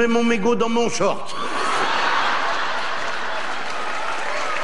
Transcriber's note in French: rires